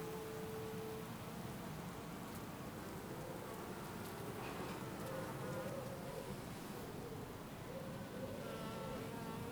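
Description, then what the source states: Bee buzzing, a short steady hum at the start, then wavering, rising and falling buzzes later, over constant soft background noise. Bees in a garden on a sunny summer day in Jette, Belgium; recorded with Sony PCM-D100 internal microphones in wide position.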